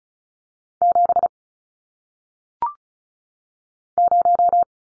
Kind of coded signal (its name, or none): Morse code